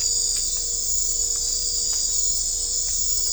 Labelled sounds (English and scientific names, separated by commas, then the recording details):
none
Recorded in dense forest near Puerto Asís, Putumayo, Colombia, on 22 December 2024 at 23:00
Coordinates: 0.500, -76.322
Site G053